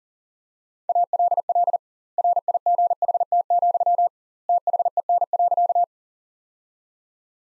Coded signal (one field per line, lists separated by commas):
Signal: Morse code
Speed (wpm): 40 wpm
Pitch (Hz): 700 Hz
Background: none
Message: ALL RIGHT, THEN.